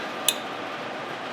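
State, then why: Seated. A steel snap ring is squeezed and pushed down into the groove of a u-joint yoke on a front driveshaft from a Dodge Ram Cummins during reassembly. A single sharp metallic click at 0.3 s stands out over a low steady background as the snap ring seats in the groove.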